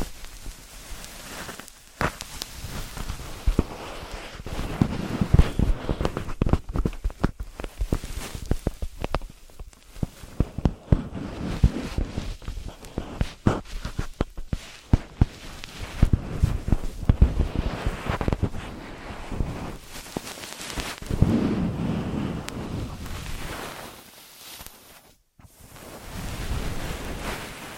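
Ear massage and cleaning sounds: soft rubbing and rustling, mostly low and muffled, with frequent sharp crackles and taps scattered throughout. The activity is busy and uneven, swelling in waves, with a brief near-silent gap around 25 seconds before it resumes quietly.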